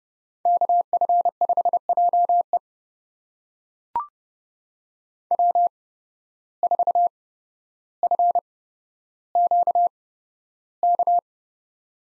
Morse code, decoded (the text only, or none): KF5JE W4FQK